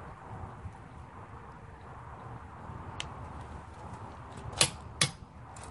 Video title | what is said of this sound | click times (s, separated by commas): How to use a breaker bar and torque wrench | see that click | 5.0 s